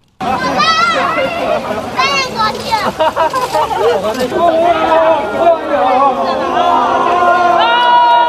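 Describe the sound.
Residents of the Guoxing Jiayuan compound in Haidian District, Beijing, cheer excitedly at midnight as its COVID lockdown is lifted and the west gate opens. Raised voices and high children's shouts overlap in a loud, continuous babble that lasts the whole stretch, with a few sharp claps within the noise.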